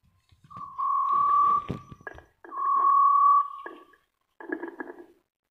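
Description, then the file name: Hill partridge call: two long, steady whistles near one pitch with rough scratchy noise, followed by a shorter noisy burst. "Tieng ga so nui"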